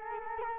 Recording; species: mosquito wingbeat signal from an infrared sensor; Culex quinquefasciatus